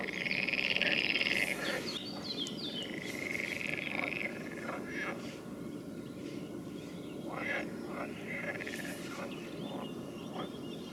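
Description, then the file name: Frogs giving a loud buzzy trill at the start, then softer overlapping croaks and further trills from a calling chorus. "Ni Gi D - Nature Recordings - Frogs"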